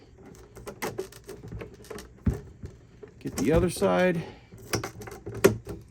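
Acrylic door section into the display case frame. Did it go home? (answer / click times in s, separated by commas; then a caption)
yes / 5.4 s. The other side of an acrylic front door section is snapped into the frame of an acrylic display case, with light clicks and taps of handling while someone talks. One loud, sharp snap at 5.4 s marks the door section seating in place.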